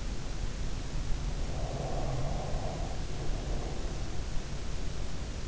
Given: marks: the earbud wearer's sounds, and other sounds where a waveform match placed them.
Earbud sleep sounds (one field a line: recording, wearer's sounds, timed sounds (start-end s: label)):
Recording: sounds in sleep by an in-ear microphone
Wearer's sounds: breath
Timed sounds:
1.38-4.49 s: breath